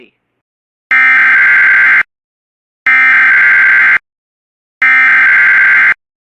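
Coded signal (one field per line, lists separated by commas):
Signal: Emergency Alert System (SAME) tones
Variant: header bursts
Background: speech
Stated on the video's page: Real tornado warning for Alabama and Georgia carried on Weatherscan.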